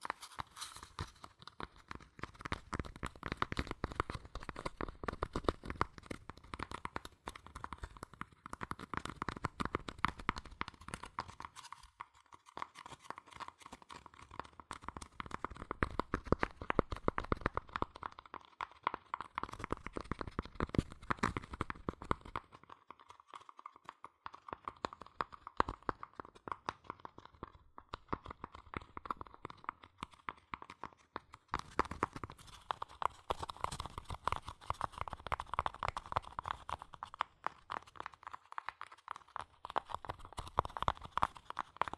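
Fast tapping and scratching on cardboard and paper runs as dense, rapid clicks throughout, with brief quieter gaps near 12, 23 and 30 seconds.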